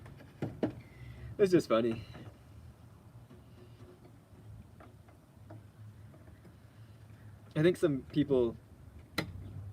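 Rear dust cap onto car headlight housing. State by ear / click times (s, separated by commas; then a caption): seated / 9.2 s. A rear dust cap is pressed onto a car headlight housing during a bulb replacement. Someone talks, a few faint ticks follow, and one sharp, loud click is heard at 9.2 seconds. The cap is seated on the back of the headlight.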